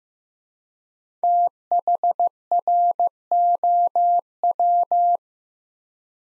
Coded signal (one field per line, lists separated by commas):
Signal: Morse code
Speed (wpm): 15 wpm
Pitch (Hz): 700 Hz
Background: none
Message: THROW